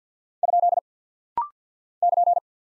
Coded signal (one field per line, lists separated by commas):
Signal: Morse code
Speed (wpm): 48 wpm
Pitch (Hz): 700 Hz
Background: none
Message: ? <KN>